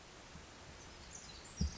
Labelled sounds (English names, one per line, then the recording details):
Pacific Wren
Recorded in Sonoma County, California